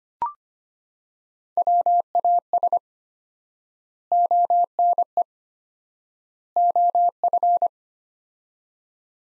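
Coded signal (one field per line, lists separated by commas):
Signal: Morse code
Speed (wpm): 25 wpm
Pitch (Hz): 700 Hz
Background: none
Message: WAS ONE OF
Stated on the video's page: Morse phrase-copy practice at 25 wpm, sets of three words with 4x word spacing, similar to the Farnsworth method; words sent, spoken, then sent again.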